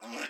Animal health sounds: pig call; piglet (1 to 25 days)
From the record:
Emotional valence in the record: negative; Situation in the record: restrain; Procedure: in the arms of a person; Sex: female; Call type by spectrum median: low-frequency call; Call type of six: low-frequency stable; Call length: 0.30 s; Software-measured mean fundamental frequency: 84 Hz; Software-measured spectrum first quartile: 738 Hz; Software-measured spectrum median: 1704 Hz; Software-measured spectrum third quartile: 3110 Hz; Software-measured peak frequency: 280 Hz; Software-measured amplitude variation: 87 dB a second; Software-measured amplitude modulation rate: 11.6 a second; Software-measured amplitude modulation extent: 7.5 dB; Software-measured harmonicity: 0.3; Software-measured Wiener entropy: -1.10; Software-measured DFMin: 656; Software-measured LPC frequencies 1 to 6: 616, 1519, 2661, 5329, 6379, 7205 Hz

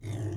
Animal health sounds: pig call; weaner (32 to 43 days)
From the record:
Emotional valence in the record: negative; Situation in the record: negative conditioning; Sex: female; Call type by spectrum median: low-frequency call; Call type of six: low-frequency stable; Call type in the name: low-frequency stable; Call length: 0.36 s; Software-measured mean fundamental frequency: 53 Hz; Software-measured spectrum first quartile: 105 Hz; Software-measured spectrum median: 184 Hz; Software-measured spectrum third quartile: 542 Hz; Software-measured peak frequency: 111 Hz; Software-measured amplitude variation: 137 dB a second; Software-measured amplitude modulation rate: 22.2 a second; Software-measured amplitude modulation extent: 6.2 dB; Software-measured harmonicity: 3.4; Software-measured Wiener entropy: -0.46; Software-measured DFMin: 977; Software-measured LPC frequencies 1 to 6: 2006, 3615, 4760, 5666, 6345, 7498 Hz

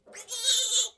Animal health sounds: pig call; piglet (1 to 25 days)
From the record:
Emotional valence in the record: negative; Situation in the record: restrain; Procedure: back test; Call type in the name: high-frequency call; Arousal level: medium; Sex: male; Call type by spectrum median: high-frequency call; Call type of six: high-frequency stable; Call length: 0.98 s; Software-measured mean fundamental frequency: 262 Hz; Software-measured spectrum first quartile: 3883 Hz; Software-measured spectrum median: 6579 Hz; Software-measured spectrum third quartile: 9420 Hz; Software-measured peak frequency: 3790 Hz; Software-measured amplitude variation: 166 dB a second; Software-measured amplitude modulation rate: 10.2 a second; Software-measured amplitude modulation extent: 16.2 dB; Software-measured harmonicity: 5.1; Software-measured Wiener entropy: -2.51

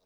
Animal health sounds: pig call; piglet (1 to 25 days)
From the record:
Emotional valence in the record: positive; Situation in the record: reunion after long isolation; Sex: male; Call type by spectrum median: low-frequency call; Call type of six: low-frequency tonal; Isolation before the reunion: 8 minutes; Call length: 0.05 s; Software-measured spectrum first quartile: 508 Hz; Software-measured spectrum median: 1521 Hz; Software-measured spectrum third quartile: 5912 Hz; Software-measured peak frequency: 465 Hz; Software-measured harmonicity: 0.1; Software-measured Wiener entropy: -1.88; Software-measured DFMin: 1102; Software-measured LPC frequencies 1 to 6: 600, 2434, 3836, 4713, 5436, 7220 Hz

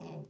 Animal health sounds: pig call; piglet (1 to 25 days)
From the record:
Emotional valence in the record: negative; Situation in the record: short isolation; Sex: male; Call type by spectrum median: low-frequency call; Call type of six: low-frequency stable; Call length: 0.29 s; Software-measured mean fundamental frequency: 78 Hz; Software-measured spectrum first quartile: 170 Hz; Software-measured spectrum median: 318 Hz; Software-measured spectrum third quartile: 638 Hz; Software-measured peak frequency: 158 Hz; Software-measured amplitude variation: 105 dB a second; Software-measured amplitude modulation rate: 22.2 a second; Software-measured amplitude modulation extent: 4.7 dB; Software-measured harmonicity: 2.4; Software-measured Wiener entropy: 0.08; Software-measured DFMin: 1005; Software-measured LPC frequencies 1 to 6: 2567, 3357, 4613, 5319, 6141, 9295 Hz

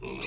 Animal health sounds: pig call; weaner (32 to 43 days)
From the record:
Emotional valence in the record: negative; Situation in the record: short isolation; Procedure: open field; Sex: female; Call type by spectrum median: high-frequency call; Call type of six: mixed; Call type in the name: high-frequency modulated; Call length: 0.27 s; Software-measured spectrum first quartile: 2133 Hz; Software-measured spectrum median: 4608 Hz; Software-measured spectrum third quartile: 6535 Hz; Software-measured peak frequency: 5424 Hz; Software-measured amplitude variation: 113 dB a second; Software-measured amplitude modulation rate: 22.5 a second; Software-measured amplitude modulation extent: 5.0 dB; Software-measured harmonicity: 1.0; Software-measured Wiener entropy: -2.51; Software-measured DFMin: 1210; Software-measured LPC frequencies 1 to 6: 2478, 3896, 4398, 5653, 6418, 7530 Hz

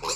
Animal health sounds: pig call; weaner (32 to 43 days)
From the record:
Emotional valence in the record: negative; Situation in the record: short isolation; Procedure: open field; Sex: female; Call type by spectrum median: high-frequency call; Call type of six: mixed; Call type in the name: high-frequency stable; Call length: 0.15 s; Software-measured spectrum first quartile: 920 Hz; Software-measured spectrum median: 3210 Hz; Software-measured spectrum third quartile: 5836 Hz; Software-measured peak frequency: 504 Hz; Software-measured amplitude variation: 78 dB a second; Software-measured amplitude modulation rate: 3.2 a second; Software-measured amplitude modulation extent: 24.3 dB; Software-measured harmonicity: 1.2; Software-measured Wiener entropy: -1.93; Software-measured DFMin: 888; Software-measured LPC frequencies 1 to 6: 646, 1094, 2528, 4064, 4660, 5665 Hz

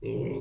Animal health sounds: pig call; weaner (32 to 43 days)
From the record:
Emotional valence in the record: negative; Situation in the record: short isolation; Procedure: open field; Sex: female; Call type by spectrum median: low-frequency call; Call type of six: low-frequency stable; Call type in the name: low-frequency stable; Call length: 0.41 s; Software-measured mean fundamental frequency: 56 Hz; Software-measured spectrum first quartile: 229 Hz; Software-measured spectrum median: 400 Hz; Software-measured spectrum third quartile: 915 Hz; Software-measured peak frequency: 405 Hz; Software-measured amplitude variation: 117 dB a second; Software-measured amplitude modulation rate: 23.2 a second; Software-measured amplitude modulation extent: 5.0 dB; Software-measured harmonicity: 4.5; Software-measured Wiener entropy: -1.60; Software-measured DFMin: 759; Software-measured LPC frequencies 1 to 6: 383, 2232, 2665, 4079, 5594, 6413 Hz

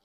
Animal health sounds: pig call; piglet (1 to 25 days)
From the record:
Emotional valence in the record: positive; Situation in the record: reunion after long isolation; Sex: male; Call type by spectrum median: high-frequency call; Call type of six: low-frequency tonal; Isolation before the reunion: 8 minutes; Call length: 0.06 s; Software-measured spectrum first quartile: 627 Hz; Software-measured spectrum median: 2997 Hz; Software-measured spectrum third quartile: 6334 Hz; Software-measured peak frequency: 793 Hz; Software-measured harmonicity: 0.9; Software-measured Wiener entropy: -1.25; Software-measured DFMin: 585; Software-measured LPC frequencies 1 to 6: 684, 2186, 3259, 3855, 4520, 5290 Hz

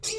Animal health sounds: pig call; weaner (32 to 43 days)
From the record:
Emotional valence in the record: negative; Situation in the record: long isolation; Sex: female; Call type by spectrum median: high-frequency call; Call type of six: high-frequency stable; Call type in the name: high-frequency stable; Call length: 0.19 s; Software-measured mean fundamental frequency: 417 Hz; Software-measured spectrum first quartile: 1424 Hz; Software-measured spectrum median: 4488 Hz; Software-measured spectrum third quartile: 6641 Hz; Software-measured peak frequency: 434 Hz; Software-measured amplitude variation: 119 dB a second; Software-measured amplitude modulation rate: 15.5 a second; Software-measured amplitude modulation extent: 7.7 dB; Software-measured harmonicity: 4.6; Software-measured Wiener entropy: -2.51

